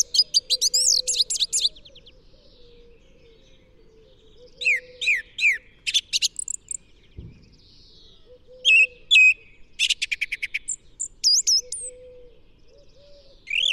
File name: song thrush